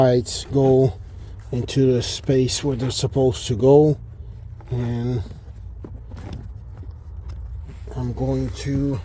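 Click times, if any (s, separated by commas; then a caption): none. Someone talks while lining up the plastic trim panel clips with their holes in the interior panel mount of a 2014 Porsche Cayenne 92A, during a repair for an AC/HVAC vent leak that wet the passenger carpet. Only light handling knocks are heard between about 5.8 and 7.9 seconds. Nothing has been pushed in or clicked into place yet.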